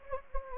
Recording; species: mosquito wingbeat signal from an infrared sensor; Anopheles gambiae